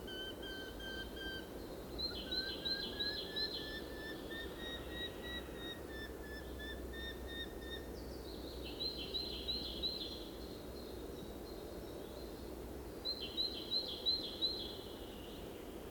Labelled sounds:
Eurasian Hobby call
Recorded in the wild
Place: Serrahn, Mecklenburg-Vorpommern, DE
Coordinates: 53.344, 13.204
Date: 1978-05-13
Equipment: Nagra III BH, Sennheiser MD 21, parabola
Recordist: Schubert, Michael
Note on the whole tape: Baumfalken-Paar in Horstnähe

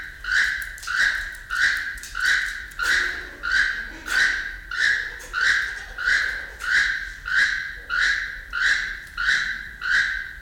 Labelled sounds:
Keel-billed Toucan call
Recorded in captivity
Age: adult
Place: Zoo Berlin, Berlin, DE
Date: 1993-06-05 11:02
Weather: 20-25 °C, sonnig
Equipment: Marantz CP 430, Sennheiser ME 80, Kopie Uher Variocord 263
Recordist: Tembrock, Günter
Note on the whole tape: Rufreihe; 6 m

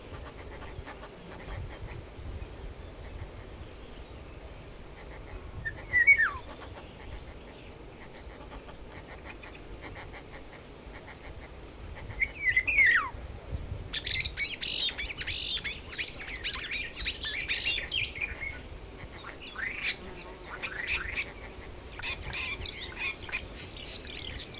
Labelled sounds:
European Starling
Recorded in the wild
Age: adult
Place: Horscha, Sachsen, DE
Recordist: Meyer, Hugo

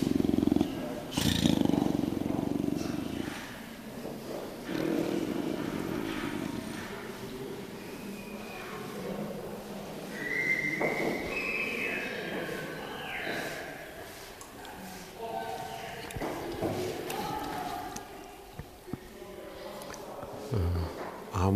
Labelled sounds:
Leopard
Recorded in captivity
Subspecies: orientalis
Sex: female
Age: adult
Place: Tierpark Berlin, Berlin, DE
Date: 1997-01-12 12:17
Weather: wolkig bis heiter, -5°C
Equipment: Nagra SN, Kopie Uher 4000 Report Monitor
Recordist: Tembrock, Günter

